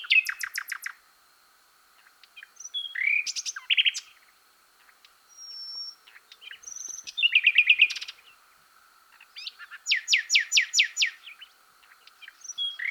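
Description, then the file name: Common nightingale song featuring fast clicking rattles, rich warbled phrases and a rapid series of sharp repeated notes. "Luscinia megarhynchos"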